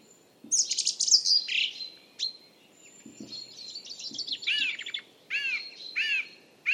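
Song thrush song: fast, varied phrases with scratchy and whistled notes, ending in a series of repeated arched notes.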